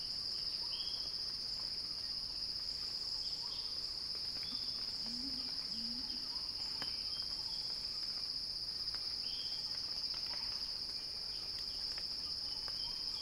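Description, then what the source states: Cicada: a dense, even, high buzz throughout, overlaid by brief whistled bird notes and a pair of low calls midway. Described as a cicada crescendo; recorded by Axel Drioli.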